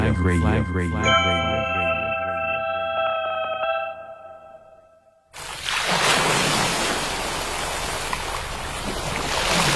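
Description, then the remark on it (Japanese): A short melodic jingle plays and fades, then a loud, steady roar of ocean waves crashing on shore takes over, hissing and surging without a break. “Zaban, Zaban. 海が光っている。”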